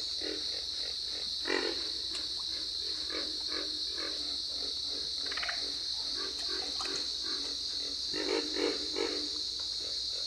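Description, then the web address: Pig frog calling, many low grunts overlapping in loose series, a few stronger croaks, steady high buzzing chorus throughout. "Dan Gibson's Solitudes Frog Song. Pig Frog"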